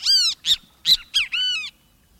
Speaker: Chunky and robin-sized, Kiskadees live along wooded edges near water all the way from South Texas to Argentina.